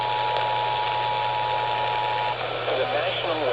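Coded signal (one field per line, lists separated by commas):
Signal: Emergency Alert System (SAME) tones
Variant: 853 and 960 Hz attention tone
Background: speech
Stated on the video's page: Severe thunderstorm EAS alert on an AM station at 1130 kHz.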